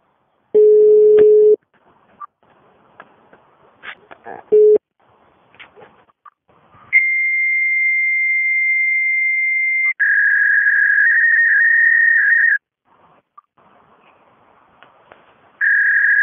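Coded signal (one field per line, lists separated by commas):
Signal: fax machine handshake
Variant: Belgacom Belgafax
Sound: low telephone tone, muffled voices, then long high steady tone and warbling tone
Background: faint voices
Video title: Belgian Fax Dial Tone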